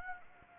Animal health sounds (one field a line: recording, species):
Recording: mosquito wingbeat signal from an infrared sensor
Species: Anopheles gambiae